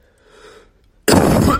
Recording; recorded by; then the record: voluntary cough; messaging app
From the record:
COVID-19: positive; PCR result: self-reported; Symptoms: no